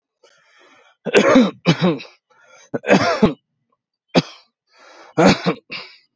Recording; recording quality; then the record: heavy voluntary cough; excellent, no background noise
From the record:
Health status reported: healthy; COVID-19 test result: not tested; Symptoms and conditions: none ticked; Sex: male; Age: 36 years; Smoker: not ticked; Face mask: not worn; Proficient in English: yes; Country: United States